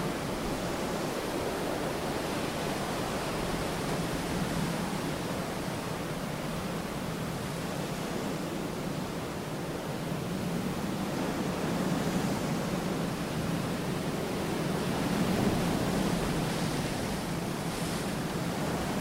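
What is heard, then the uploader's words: Steady, dense ocean wash and wind roar continuously, strongest in the low-middle range, swelling slightly around twelve and fifteen seconds without distinct breaking waves. It features the sound of ocean and wind meant to emulate what you hear when on a boat in the middle of the ocean.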